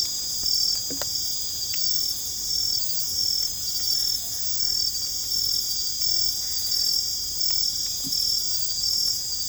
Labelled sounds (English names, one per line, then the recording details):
none
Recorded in secondary vegetation near Puerto Asís, Putumayo, Colombia, on 22 December 2024 at 20:00
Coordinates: 0.468, -76.324
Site G095